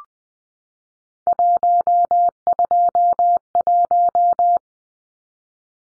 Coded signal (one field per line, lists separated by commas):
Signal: Morse code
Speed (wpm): 20 wpm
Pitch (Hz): 700 Hz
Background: none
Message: 121